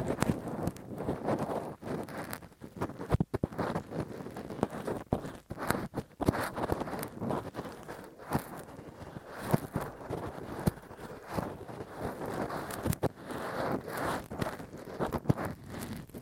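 Rough ear cleaning with a Q-tip and ear pick: dense, rapid scraping and crackling rubs, continuous throughout with frequent sharp clicks and brief pauses.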